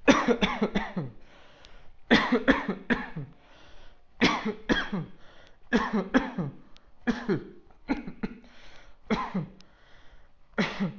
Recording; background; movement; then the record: voluntary coughing; quiet; walking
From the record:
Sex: male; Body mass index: 20.5 kg/m2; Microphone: on the chest, facing outward